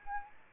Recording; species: mosquito wingbeat signal from an infrared sensor; Anopheles arabiensis